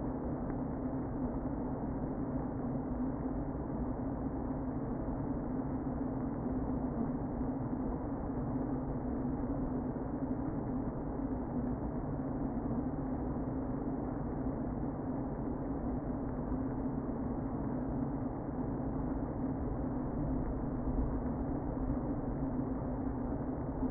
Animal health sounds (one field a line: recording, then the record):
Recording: honeybee colony, microphone inside the hive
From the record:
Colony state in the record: queen present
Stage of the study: before two queens were removed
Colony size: about 60,000 bees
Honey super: yes